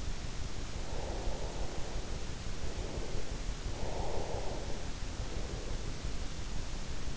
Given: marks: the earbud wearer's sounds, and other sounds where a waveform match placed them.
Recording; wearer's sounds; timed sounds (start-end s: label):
sounds in sleep by an in-ear microphone; breath
0.80-3.40 s: breath
3.70-6.13 s: breath